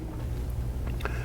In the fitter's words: you will hear a click when the tray is locked into the closure base